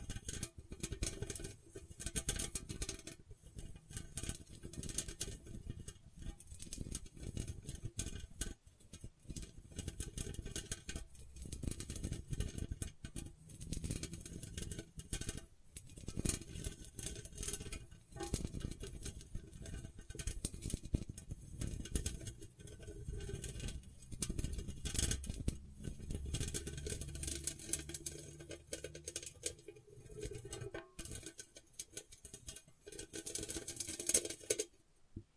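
Gentle scratching runs through the whole 35 seconds in dense, irregular strokes, each one a quick crisp rasp with a bright, hissy edge. A soft low rumble sits underneath and swells at times. The strokes briefly thin out around 9 and 31 seconds.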